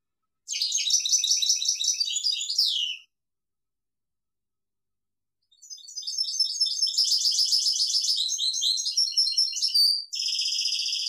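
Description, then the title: European goldfinch song in two long bursts of fast tinkling twitters and buzzy trills, separated by a quiet gap of a few seconds. "Chant Chardonneret"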